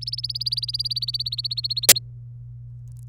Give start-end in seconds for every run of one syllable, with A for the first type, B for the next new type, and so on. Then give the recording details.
0.01-1.99 A. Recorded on 26 April 2018 at 14:44. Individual llb3